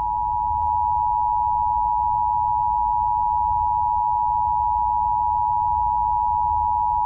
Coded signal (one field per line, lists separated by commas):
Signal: Emergency Alert System (SAME) tones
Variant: 853 and 960 Hz attention tone